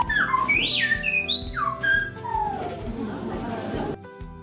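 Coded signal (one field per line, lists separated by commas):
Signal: whistled language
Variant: Silbo Gomero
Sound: a sequence of rising and falling whistled glides, like whistled syllables, over background music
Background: background music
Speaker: is the Silbo Gomero, a whistled language recognized by UNESCO as an intangible cultural heritage of humanity. Used by the inhabitants of Lagomera since the time of the Guanchees, this unique form of communication can transmit complex messages across several kilome.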